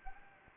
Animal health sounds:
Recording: mosquito wingbeat signal from an infrared sensor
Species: Anopheles gambiae

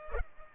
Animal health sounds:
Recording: mosquito wingbeat signal from an infrared sensor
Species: Culex pipiens

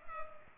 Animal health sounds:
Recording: mosquito wingbeat signal from an infrared sensor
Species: Culex pipiens

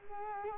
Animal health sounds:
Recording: mosquito wingbeat signal from an infrared sensor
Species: Culex quinquefasciatus

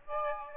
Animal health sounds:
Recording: mosquito wingbeat signal from an infrared sensor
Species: Aedes aegypti

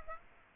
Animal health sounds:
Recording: mosquito wingbeat signal from an infrared sensor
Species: Aedes aegypti

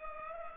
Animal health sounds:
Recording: mosquito wingbeat signal from an infrared sensor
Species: Culex pipiens

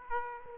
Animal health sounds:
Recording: mosquito wingbeat signal from an infrared sensor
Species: Aedes aegypti

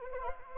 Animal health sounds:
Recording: mosquito wingbeat signal from an infrared sensor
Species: Anopheles arabiensis

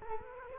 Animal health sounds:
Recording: mosquito wingbeat signal from an infrared sensor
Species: Culex quinquefasciatus

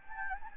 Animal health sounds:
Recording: mosquito wingbeat signal from an infrared sensor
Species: Anopheles gambiae

